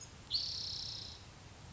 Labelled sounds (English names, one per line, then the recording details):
Spotted Towhee
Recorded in Sonoma County, California